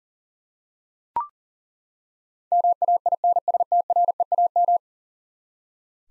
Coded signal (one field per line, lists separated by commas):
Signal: Morse code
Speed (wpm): 40 wpm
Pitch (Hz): 700 Hz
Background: none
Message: MAINSTREAM